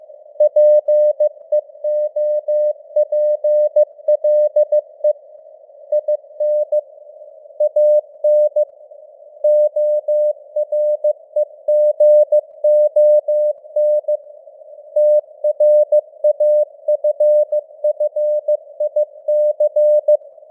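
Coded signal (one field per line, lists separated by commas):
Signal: Morse code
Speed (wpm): 15 wpm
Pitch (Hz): 600 Hz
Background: none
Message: PEOPLE IN AN OREGON TRAFFIC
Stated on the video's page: News headlines sent in Morse at 15 wpm with simulated radio noise and varying signal strength (QSB).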